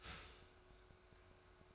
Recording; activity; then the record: daily activity, microphone in the room; start toaster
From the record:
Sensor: 2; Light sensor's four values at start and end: 3/9/3/3 and 3/9/3/3